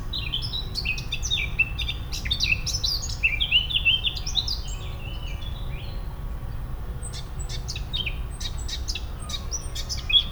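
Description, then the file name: Eurasian blackcap calls, rapid varied chirps and slurred notes for about six seconds, then scattered sharp ticks, over a low steady rumble. "Sylvia atricapilla"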